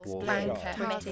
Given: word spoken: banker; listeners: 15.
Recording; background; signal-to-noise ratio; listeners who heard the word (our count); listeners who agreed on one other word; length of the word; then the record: one English word in noise, from a listening test; four-talker babble; -2.7 dB; 3 of 15; 7 of 15; 0.72 s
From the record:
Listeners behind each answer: 7, 3, 3, 2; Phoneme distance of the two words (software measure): 24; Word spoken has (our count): 2 syllables, 5 phonemes, stress on syllable 1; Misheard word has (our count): 2 syllables, 7 phonemes, stress on syllable 1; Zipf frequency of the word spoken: 3.73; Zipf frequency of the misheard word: 3.93